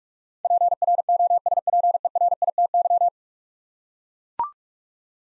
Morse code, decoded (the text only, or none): PROSPERITY